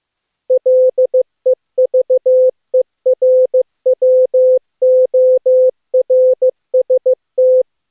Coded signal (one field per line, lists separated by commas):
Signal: Morse code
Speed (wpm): 18 wpm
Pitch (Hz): 510 Hz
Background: none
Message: LEVERWORST